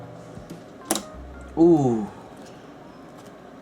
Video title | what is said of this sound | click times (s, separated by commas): Pc Building | here i'm gonna i'm gonna let you guys listen to the click | 0.9 s